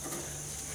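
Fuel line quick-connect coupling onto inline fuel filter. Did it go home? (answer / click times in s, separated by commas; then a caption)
no / none. A rear fuel line quick-connect fitting on an F150 is handled as it is pushed toward the nipple of a new inline fuel filter, with only a steady low hum and faint broadband noise at an even level. Nothing has seated or clicked yet.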